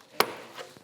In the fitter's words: just like that. It's a nice solid click sound. That's what you want to hear.